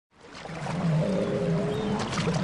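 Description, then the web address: Seal giving a low, droning moan with steady harmonics, lasting about two seconds. "zvuki nerpy"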